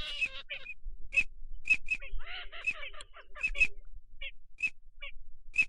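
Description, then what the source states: Duck calls mixing nasal, grating quack bursts with many crisp, short whistled notes scattered irregularly. Migratory ducks, male and female.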